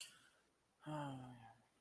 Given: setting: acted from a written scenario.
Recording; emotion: vocal sound without words; sadness